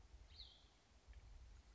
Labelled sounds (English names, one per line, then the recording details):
Cassin's Vireo
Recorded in Sonoma County, California